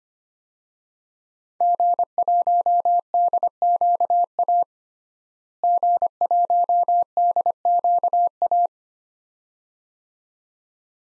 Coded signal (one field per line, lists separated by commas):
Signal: Morse code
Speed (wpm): 25 wpm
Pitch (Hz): 700 Hz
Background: none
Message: G1DQA G1DQA